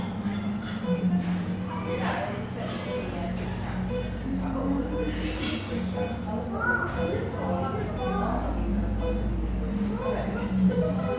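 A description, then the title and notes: Lively chatter fills a coffee shop, several voices overlapping at an even level throughout. A steady low hum runs underneath, and small bright clinks of cups surface now and then, including one around the seventh second. Cozy Coffee Shop Ambiance. The bustling ambiance of an English seaside town coffee shop. This binaural field recording captures the vibrant atmosphere of a busy coffee shop.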